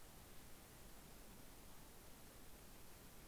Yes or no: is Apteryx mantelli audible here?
no